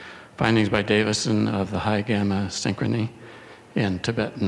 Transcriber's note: none